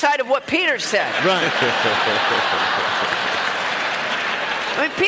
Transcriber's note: laughter